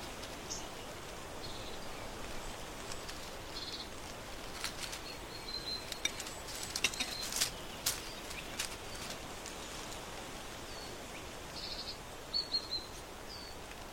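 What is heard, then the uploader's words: Autumn outdoors on a porch: a steady low wash of background noise runs throughout. Brief bright chirps and ticks come and go, clustering between about five and eight seconds, with a few short high calls near twelve seconds. On the porch in autumn.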